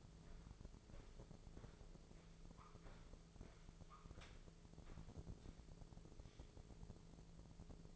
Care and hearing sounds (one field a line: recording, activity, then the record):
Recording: daily activity, microphone in the room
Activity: walk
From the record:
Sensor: 5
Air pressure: 1005.6 hPa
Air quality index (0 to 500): 93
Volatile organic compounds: 2 ppm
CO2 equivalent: 1126 ppm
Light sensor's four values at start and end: 33/77/30/29 and 33/76/30/29